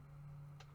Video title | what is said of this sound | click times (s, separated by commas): Seagate Desktop 8TB External Hard Drive | see and it snaps into place and it's secure so | 0.6 s